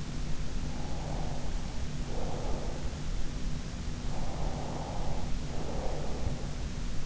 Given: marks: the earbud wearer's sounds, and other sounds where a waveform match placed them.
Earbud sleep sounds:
sounds in sleep by an in-ear microphone; breath
0.59-2.91 s: breath
4.17-6.52 s: breath

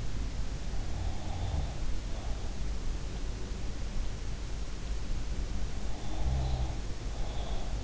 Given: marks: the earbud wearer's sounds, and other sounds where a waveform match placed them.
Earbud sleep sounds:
sounds in sleep by an in-ear microphone; snoring breath
0.92-2.55 s: snoring breath
5.90-7.84 s: snoring breath

